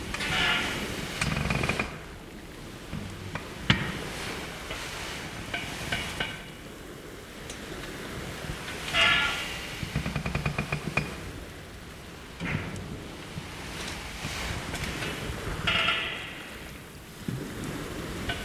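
A bed creaks over a steady wash of waves, the surf a dense, low rumble running the whole way through. Sharp creaks and knocks come at irregular moments, with brighter squeaky bursts near two, nine, twelve and sixteen seconds.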